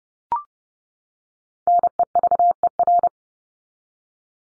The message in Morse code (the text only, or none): NEVER